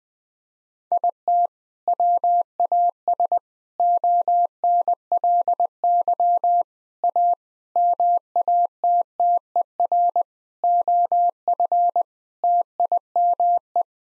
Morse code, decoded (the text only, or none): IT WAS ONLY A MATTER OF TIME